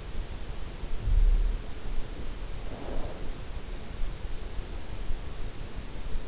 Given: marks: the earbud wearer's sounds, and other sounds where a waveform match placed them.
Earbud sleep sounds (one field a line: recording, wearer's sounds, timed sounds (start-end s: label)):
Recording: sounds in sleep by an in-ear microphone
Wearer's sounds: snoring breath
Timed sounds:
2.51-3.51 s: snoring breath